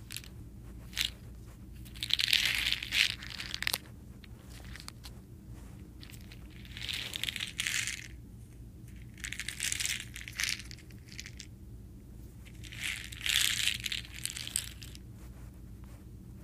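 Crunching of soda candies comes in four bursts of crisp, bright bites, roughly every three to four seconds, with quieter gaps between. A steady low hum runs underneath the whole time.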